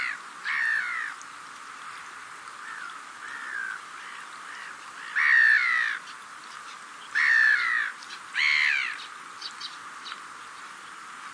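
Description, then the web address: Black-headed gull giving harsh, grating calls at irregular intervals, quieter ones in the middle and louder bursts later, over a steady rushing background. Sakhalin and Kuril Islands, with sea sounds. "priroda sakhalina i kuril. Larus ridbundus"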